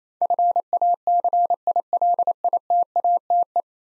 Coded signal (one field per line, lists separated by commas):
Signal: Morse code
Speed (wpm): 28 wpm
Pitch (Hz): 700 Hz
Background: none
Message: FACILITATE